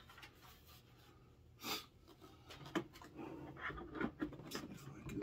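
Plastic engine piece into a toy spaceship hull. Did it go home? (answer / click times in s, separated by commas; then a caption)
yes / 2.8 s. A plastic engine piece is lined up and pushed onto the hull of a Star Wars Haslab Mandalorian Razor Crest toy spaceship. After quiet handling and a soft rustle near 1.7 s, it seats with a sharp, crisp click at 2.8 s. Further light plastic taps and handling noises follow.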